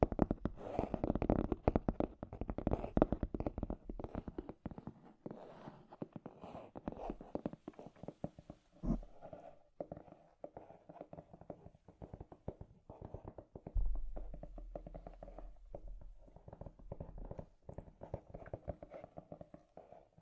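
Scratchy tapping clicks along in quick, uneven bursts, densest and loudest early on, with a low hum rising underneath around the middle.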